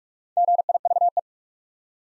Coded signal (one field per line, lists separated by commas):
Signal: Morse code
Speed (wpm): 44 wpm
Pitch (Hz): 700 Hz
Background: none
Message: GIVE